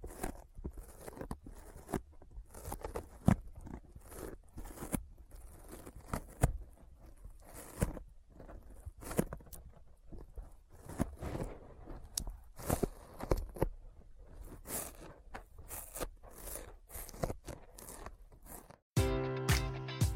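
Sticky fingers peel and tap in quick, irregular bursts, each a sharp crackling snap with a short tacky rasp, several per second. The clicks come unevenly throughout, and just before the end a steadier, denser, brighter texture suddenly takes over.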